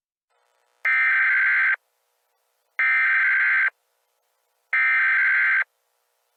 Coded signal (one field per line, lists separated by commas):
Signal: Emergency Alert System (SAME) tones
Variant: header bursts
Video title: Annexed: An EAS Scenario